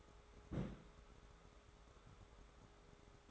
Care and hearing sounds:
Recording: daily activity, microphone in the room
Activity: place on stove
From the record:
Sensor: 3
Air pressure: 1010.2 hPa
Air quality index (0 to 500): 166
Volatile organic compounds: 9 ppm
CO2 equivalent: 2174 ppm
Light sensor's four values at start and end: 49/121/53/59 and 49/120/53/59

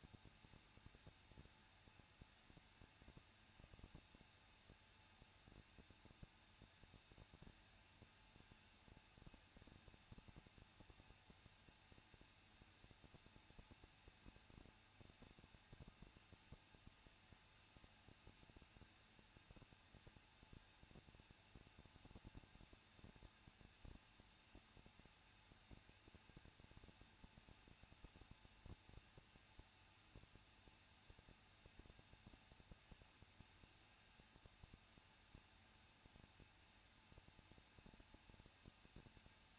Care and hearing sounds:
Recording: daily activity, microphone in the room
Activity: no activity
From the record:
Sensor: 2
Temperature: 21.0 degrees Celsius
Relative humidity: 37.5%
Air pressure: 1006.2 hPa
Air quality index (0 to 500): 224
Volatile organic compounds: 25 ppm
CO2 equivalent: 2847 ppm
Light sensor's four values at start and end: 2/3/2/2 and 2/3/2/2

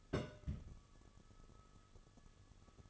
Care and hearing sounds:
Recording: daily activity, microphone in the room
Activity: place on stove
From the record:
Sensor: 4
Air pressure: 1008.8 hPa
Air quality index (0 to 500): 117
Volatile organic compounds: 1 ppm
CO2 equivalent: 860 ppm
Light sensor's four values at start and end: 10/23/9/8 and 10/23/9/8

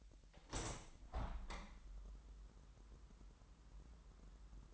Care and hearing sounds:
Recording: daily activity, microphone in the room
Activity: open window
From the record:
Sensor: 3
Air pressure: 998.6 hPa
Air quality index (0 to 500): 132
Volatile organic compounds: 4 ppm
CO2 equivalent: 1582 ppm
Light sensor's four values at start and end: 8/19/8/8 and 8/20/8/9

